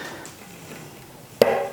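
A cassette lockring on the freehub body of a custom-built Rourke bicycle is rolled back by hand over a quiet background, with a faint tick near 0.3 s. At 1.4 s its thread start drops into the freehub threads with a sharp click, and the lockring has caught and seated.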